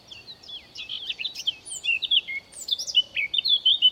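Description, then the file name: Blackcap song, a continuous rapid jumble of sweet whistles and scratchy notes, bright and varied throughout the short passage. "Sylvia atricapilla"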